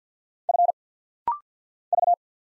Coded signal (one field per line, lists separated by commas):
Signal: Morse code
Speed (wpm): 50 wpm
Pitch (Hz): 700 Hz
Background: none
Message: F V